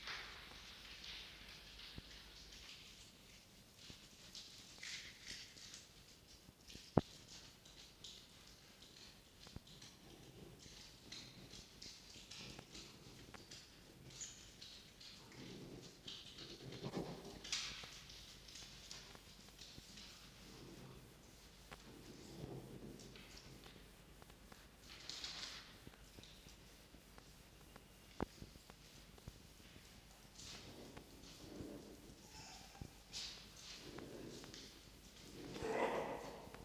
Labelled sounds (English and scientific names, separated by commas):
Red Fox (Vulpes vulpes)